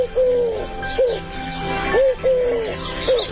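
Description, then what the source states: Eurasian collared dove cooing, soft low hollow notes, some drawn out and falling, others short and arched, repeated several times over a faint background hiss. Call described as 'woo-woo-hoo' with heavier second note, repeated many times.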